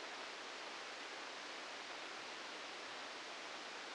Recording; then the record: brain microelectrode recording played as sound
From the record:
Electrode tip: outside the subthalamic nucleus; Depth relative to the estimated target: -3 mm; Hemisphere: left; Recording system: NeuroSet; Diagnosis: Parkinson's disease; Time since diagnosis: 9 years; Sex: male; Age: 61 years